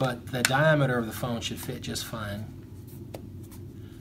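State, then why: Seated. Someone talks while an iPhone 7 Plus is pressed into the hard plastic shell of a Shieldon leather wallet case made for the iPhone 6s Plus. A sharp snap is heard at 3.2 seconds as the phone pops into the shell and seats in place.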